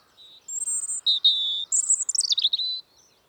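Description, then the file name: European robin song with high pure whistles, a sustained clear note, then a fast descending jumble of twittering notes. "Erithacus rubecula"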